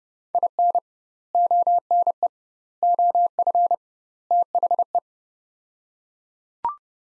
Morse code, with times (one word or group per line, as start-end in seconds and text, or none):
0.3-0.8 IN
1.3-2.3 ONE
2.8-3.7 OF
4.3-5.0 THE